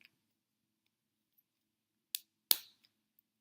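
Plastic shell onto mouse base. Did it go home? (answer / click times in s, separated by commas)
partly / 2.1 s, 2.5 s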